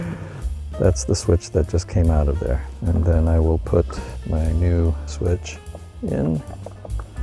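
A new power mirror-fold switch for a 2021 RAV4 Prime SE is handled at the plastic dash panel opening next to the fog light switch, with music playing and someone talking throughout. Two short sharp ticks come near the end at about 6.9 s and 7.0 s. Nothing has seated or clicked into place yet.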